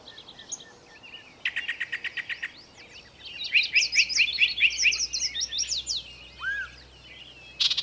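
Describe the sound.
Bird song: a rapid trill of repeated notes, then a lively warbled phrase of high chirps, a downward slurred note and a final burst.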